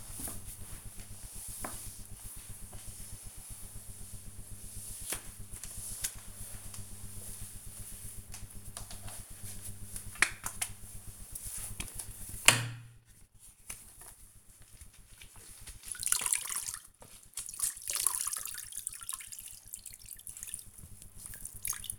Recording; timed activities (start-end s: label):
household activities, microphone on the right wrist
0.00-21.99 s: floor cleaning